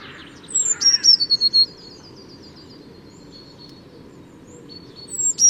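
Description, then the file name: Eurasian blue tit uttering a sharp, high descending phrase broken into rapid repeated notes, then silence before another phrase begins at the end; low background rumble throughout. "Cyanistes caeruleus"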